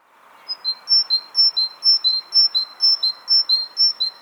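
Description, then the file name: Great tit two-note song, a high note and a lower note alternating in a steady seesaw, about two phrases per second throughout, over a soft background hiss. "Parus major"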